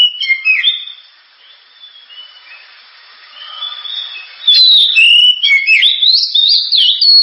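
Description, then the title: Oriental magpie-robin singing whistled phrases that fade into a quiet gap, then a loud, rapid run of varied notes and chatters over the last three seconds. Kacer singing prolifically with a sharp, super-loud voice, offered as a pancingan recording to prompt other birds to sing. "Kacer Gacor Suara Tajam. Kacer Gacor Suara Super Kenceng Cocok untuk Pancingan"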